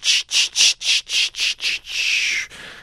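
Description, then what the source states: Scissor grinder cicada song: a rapid series of about seven loud, hissing, rasping pulses, then a longer continuous buzzy rasp that fades out. One of the annual US cicada species that arrives later in summer, not in mass numbers; about 10 or 15 can drown out other neighborhood sounds.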